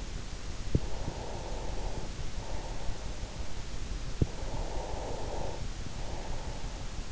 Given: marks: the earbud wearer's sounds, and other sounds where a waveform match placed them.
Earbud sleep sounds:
sounds in sleep by an in-ear microphone; breath
0.75-3.22 s: breath
4.13-7.12 s: breath

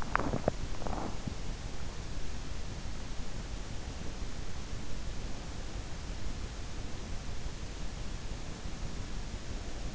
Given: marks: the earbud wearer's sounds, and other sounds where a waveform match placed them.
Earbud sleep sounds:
sounds in sleep by an in-ear microphone; swallowing
0.00-1.49 s: swallowing

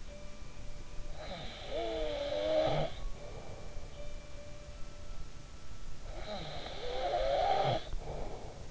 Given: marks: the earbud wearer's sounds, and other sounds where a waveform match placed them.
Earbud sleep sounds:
sounds in sleep by an in-ear microphone; snoring breath
0.00-5.39 s: sound from someone else or the room
1.07-3.90 s: snoring breath
6.08-8.71 s: snoring breath

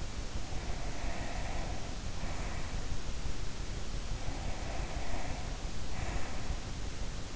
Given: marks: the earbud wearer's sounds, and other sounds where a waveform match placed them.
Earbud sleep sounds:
sounds in sleep by an in-ear microphone; breath
0.20-2.92 s: breath
3.93-6.79 s: breath

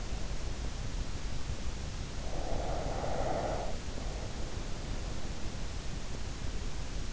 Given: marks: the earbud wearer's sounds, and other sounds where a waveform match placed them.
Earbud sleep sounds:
sounds in sleep by an in-ear microphone; breath
2.18-4.91 s: breath

